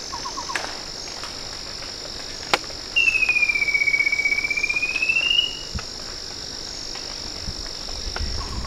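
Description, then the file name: Bird call: one sustained, rapidly pulsing whistled trill lasting about two and a half seconds, sagging in pitch then climbing. A constant shrill background hum and faint clicks accompany it. "SABIOD 50 bird 2015"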